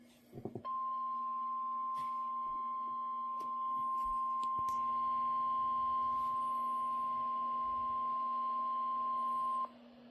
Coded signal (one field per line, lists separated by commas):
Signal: Emergency Alert System (SAME) tones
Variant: 1050 Hz attention tone